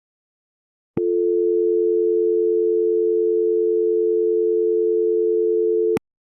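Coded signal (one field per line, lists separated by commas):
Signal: telephone call progress tone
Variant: North America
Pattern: dial tone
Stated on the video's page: Telephone call progress tones (dial, ringback, ring, busy) and DTMF as received on a Yeastar PBX FXO analog port.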